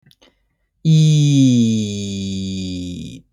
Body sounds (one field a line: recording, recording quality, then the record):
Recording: sustained vowel as in beet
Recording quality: excellent, no background noise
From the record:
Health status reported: healthy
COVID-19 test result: negative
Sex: male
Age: 29 years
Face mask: not worn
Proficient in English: yes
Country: United States